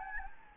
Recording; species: mosquito wingbeat signal from an infrared sensor; Anopheles gambiae